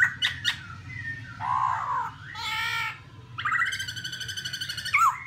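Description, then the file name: Black-throated laughingthrush uttering harsh rasping and buzzy calls, then a rapid rattling whistled trill ending in a sharp note, with a low hum behind. "tieng khuou bac ma hot"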